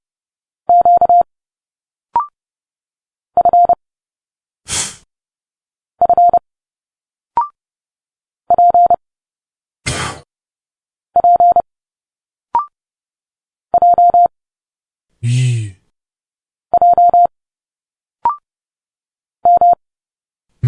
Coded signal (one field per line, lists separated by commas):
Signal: Morse code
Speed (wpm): 30 wpm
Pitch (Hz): 700 Hz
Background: none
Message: Q F F P P J J M